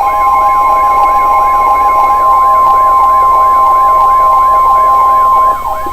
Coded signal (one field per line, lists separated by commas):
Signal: Emergency Alert System (SAME) tones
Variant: 1050 Hz attention tone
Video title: July 26, 2018 EAS Alert Compilation (EAS #1,684 - 1,700)